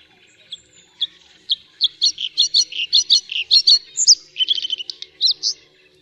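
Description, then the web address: Bluethroat song beginning with spaced ringing notes that quicken into a rapid series of metallic 'ting' phrases, followed by a buzzy rattle and a final whistled note. "Ptaki Podróżniczek"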